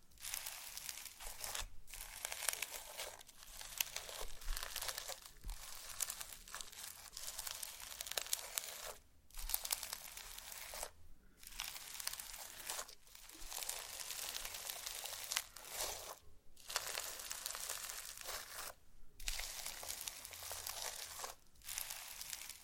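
Slime being squished and stretched, giving a dense, bright crackle of tiny pops and crinkles. The sound comes in bursts of a second or two, cut by brief silences every couple of seconds, with a faint low rumble underneath.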